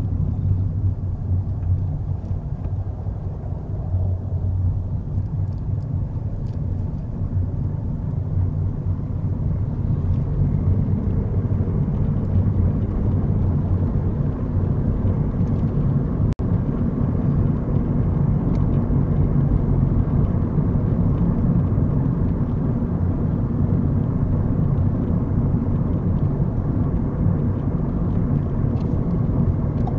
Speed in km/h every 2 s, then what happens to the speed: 16, 13, 19, 24, 29, 35, 40, 44, 47, 47, 47, 45, 45, 47, 47.
2-16 speeds up to 47. 16-30 steady at about 47.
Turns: none.